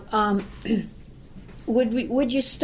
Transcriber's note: clears throat